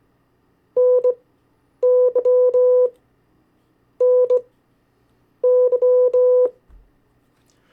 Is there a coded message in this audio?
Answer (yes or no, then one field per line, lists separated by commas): yes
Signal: Morse code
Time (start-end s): 0.8-6.5 s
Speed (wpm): 19 wpm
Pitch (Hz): 500 Hz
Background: none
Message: NY NY